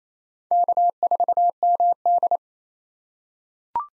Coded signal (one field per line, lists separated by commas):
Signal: Morse code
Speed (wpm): 28 wpm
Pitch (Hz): 700 Hz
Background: none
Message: K4MD